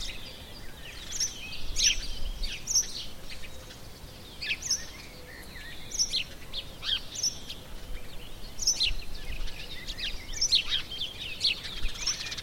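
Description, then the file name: House sparrow calls, short sharp chirps coming in scattered groups throughout, over a steady low rumble of background noise. "Passer domesticus"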